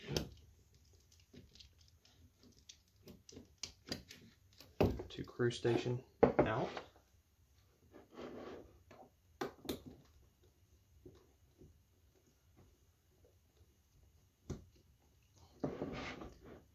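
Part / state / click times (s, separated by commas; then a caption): intercom cable connector into crew station receptacle / seated / 9.4 s, 15.6 s. Intercom cable connectors are pushed onto the receptacle of a VIC-3 intercom crew station until they lock, while someone talks. Sharp clicks are heard at 9.4 s and 15.6 s as the cables lock fully into place, and the connectors are seated.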